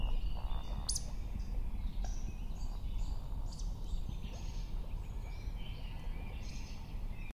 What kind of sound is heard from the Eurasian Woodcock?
call